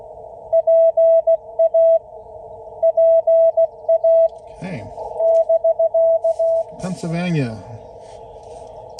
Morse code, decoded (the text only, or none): PA PA <BK>